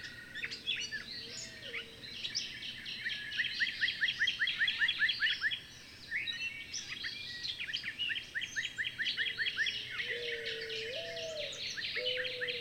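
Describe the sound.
Bird song in fast bursts of sharp, chirpy notes, with a pause midway and a low, wavering whistled tone returning near the end, over steady background noise.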